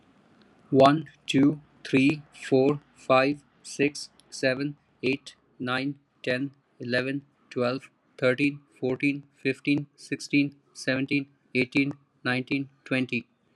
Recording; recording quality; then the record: counting at a normal pace; excellent, no background noise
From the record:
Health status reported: healthy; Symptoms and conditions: none ticked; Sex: male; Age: 32 years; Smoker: not ticked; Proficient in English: yes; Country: India